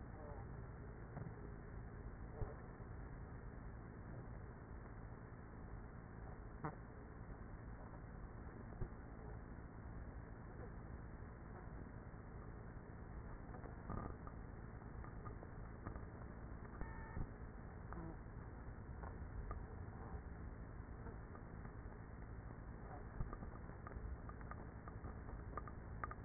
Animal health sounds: honeybee colony, microphone inside the hive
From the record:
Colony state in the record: queenless with a low population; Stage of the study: after two queens were removed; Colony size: about 30,000 bees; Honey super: no

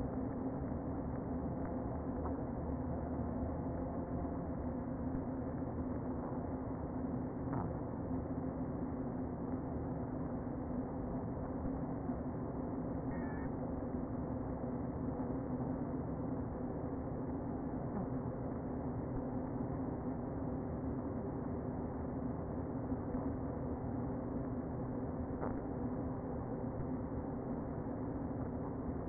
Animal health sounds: honeybee colony, microphone inside the hive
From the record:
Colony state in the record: queen present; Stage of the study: before two queens were removed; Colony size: about 60,000 bees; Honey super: yes

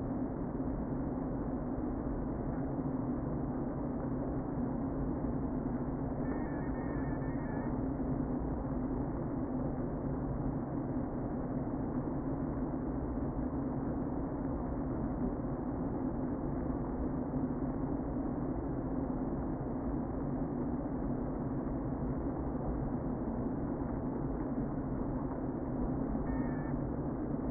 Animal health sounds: honeybee colony, microphone inside the hive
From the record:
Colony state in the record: queen present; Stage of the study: before two queens were removed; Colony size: about 60,000 bees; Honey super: yes

